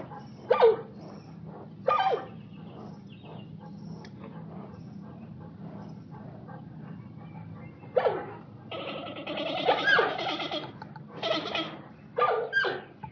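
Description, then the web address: Panda vocalizations: a few isolated squeaks first, then a run of drawn-out, quavering bleats and squeals toward the end. Panda sitting in a zoo. "suoni di un panda suono emesso da un panda seduto allo zoo"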